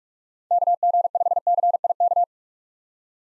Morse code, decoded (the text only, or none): KG5CIK